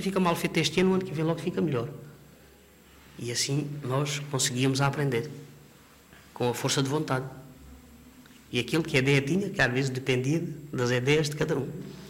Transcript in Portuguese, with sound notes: Fica mal feito este ano, o ano que aí vem logo fica melhor". E assim nós conseguíamos a aprender [pausa] com a força de vontade. [pausa] E aquele que a ideia tinha, que às vezes dependia de das ideias de cada um.